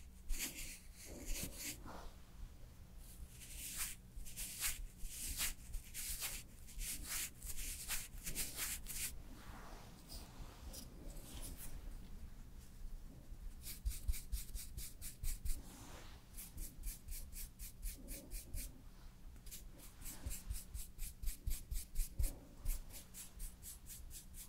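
Makeup and hair styling sounds: quick rhythmic brushing and rubbing strokes in bursts, with a steady low hum underneath throughout.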